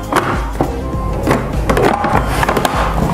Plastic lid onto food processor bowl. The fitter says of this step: kita pasang juga tutupnya ini Sampai bunyi klik ya